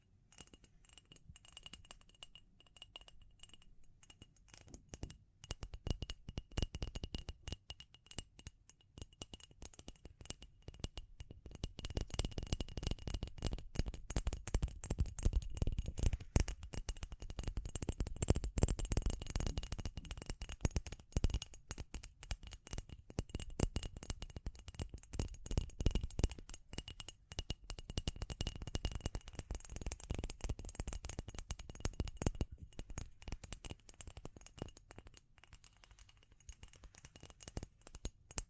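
Tapping and scratching go on almost nonstop, a dense rattle of quick, dry clicks and scrapes with a rough, papery texture. It starts lighter, thickens into a busy, louder stretch from about five seconds to thirty-five, then thins again. Faint steady high tones hum underneath.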